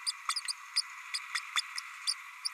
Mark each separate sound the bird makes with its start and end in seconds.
0.06-0.11, 0.28-0.34, 0.76-0.82, 1.14-1.18, 1.34-1.39, 1.55-1.61, 2.07-2.14, 2.44-2.48